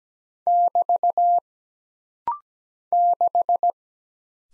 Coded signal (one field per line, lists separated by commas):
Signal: Morse code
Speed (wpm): 17 wpm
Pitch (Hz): 700 Hz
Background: none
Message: <BT> 6